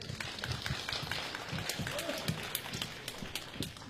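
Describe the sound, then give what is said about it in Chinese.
An audience breaks into steady applause welcoming two performers of a crosstalk (xiangsheng) comedy piece, a dense, continuous patter of many hands clapping at an even level throughout, with a faint murmur of voices underneath. “那么接下来我们就掌声有请二位。”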